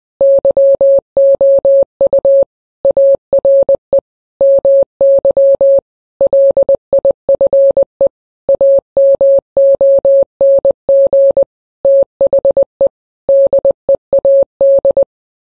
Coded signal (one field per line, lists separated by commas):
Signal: Morse code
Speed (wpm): 20 wpm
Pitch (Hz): 550 Hz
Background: none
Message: YOU ARE MY LIFE AMONG THE DEAD